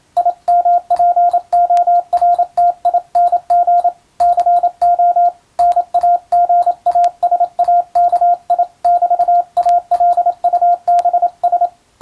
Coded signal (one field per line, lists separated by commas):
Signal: Morse code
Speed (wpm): 27 wpm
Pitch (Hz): 700 Hz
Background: radio noise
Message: IMPORTING CO NAGASAKI<BT>ALUBS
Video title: 【Radio operator morse practice】This is a Morse code practice video. There is a morse exam in japan.